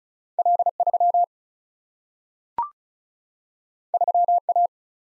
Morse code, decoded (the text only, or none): L3 3A